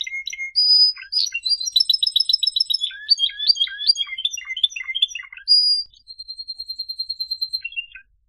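Canary song: a long varied warble with rapid trills and rattling runs, then a high series of quick pulsed notes and a few final chirps.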